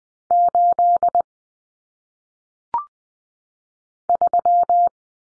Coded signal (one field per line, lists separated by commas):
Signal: Morse code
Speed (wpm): 20 wpm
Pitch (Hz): 700 Hz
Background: none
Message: 8 3